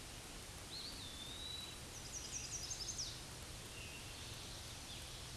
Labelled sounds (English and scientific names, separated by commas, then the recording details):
Eastern Wood-Pewee (Contopus virens) song
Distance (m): 55 m
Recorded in a Pennsylvania forest on 18 May 2023 at 07:36
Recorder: AudioMoth, point grid1_10_low
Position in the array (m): 52 m, 174 m